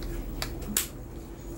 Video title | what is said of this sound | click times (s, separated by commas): Mixer Faet falhando...vamos ver qual o problema? | isso beleza encaixou direitinho antes de fecharmos esses três parafusos vamos fazer o teste agora na | 0.8 s